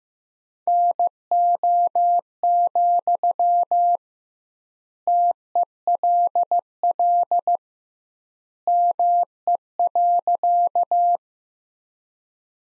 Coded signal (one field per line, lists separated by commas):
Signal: Morse code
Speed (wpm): 16 wpm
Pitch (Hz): 700 Hz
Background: none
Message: NO, TELL ME.